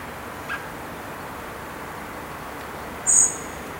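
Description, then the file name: Common blackbird uttering one short, high, thin whistled seee near the end, preceded by a faint soft note, with quiet background hiss otherwise. "Turdus merula"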